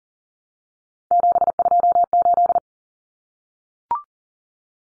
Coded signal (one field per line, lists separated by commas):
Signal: Morse code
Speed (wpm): 40 wpm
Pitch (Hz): 700 Hz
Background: none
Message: 728